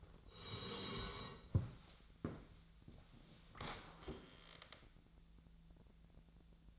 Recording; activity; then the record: daily activity, microphone in the room; sit down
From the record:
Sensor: 3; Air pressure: 1000.4 hPa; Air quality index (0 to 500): 170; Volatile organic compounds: 3 ppm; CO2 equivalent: 1478 ppm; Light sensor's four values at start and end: 13/31/13/14 and 14/32/14/14